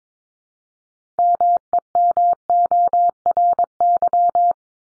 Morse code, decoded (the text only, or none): MEMORY